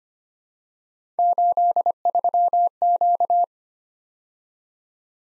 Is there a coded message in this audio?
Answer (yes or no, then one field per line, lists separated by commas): yes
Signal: Morse code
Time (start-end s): 1.2-3.4 s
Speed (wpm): 29 wpm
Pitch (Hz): 700 Hz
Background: none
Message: 83Q